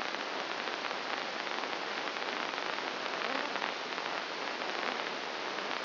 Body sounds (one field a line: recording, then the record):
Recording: brain microelectrode recording played as sound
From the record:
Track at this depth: inside the subthalamic nucleus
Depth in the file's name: 3.502 mm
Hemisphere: left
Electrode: 2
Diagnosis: Parkinson's disease